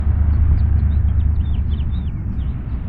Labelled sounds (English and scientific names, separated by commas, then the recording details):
House Finch (Haemorhous mexicanus) song
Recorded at Wantagh on Long Island, New York, on 21 May 1975
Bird D